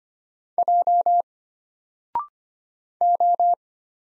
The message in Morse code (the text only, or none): J O